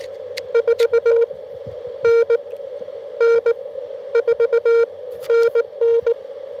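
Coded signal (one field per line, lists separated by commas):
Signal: Morse code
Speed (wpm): 20 wpm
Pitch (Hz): 470 Hz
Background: radio noise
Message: 4NN 4NN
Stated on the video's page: CW from a Parks on the Air activation at Fort Deseret, Utah.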